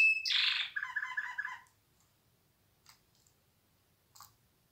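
Canary song, brief and quieter: a high whistle, a burst of bright warbling, a few short chirped notes, then near silence with two faint clicks.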